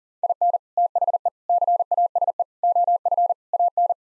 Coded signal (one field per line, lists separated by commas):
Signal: Morse code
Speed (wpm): 40 wpm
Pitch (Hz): 700 Hz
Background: none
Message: IN THE CASE OF AN